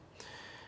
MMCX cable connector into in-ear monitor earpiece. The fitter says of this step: You just take your own headphones, whatever you got, and you can connect it in, and it just snaps right in.